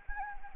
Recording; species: mosquito wingbeat signal from an infrared sensor; Anopheles gambiae